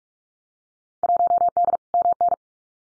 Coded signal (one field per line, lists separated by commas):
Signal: Morse code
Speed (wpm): 46 wpm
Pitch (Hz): 700 Hz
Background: none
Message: 1D MN